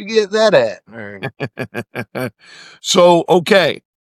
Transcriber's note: chuckling